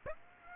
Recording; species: mosquito wingbeat signal from an infrared sensor; Aedes aegypti